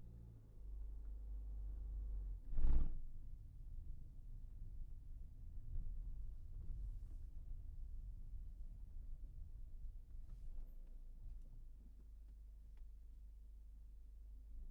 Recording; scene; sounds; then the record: everyday scene through a hearing-aid microphone; in a vehicle; engine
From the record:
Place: Berlingo II, diesel engine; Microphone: behind the ear, right, rear